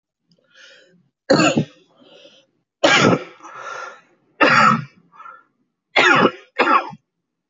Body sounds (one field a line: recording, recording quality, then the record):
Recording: heavy voluntary cough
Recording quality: excellent, no background noise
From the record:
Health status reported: healthy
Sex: male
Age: 40 years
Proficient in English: yes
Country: India